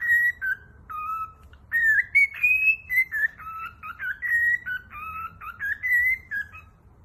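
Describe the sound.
Cockatiel whistled song, a busy sequence of pure tones stepping up and down, some notes warbled and doubled, almost continuous.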